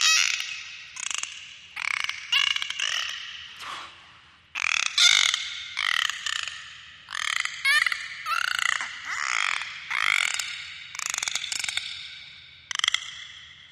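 Dolphin calls: a dense run of squawky, rasping pulsed bursts with wavering tones, coming in irregular clusters throughout, each trailing off in a soft echoing tail.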